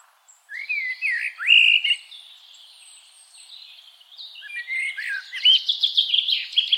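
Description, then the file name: Common blackbird song with mellow, rising fluty notes, a pause, then a second phrase of warbling ending in a high scratchy twitter. "Turdus merula"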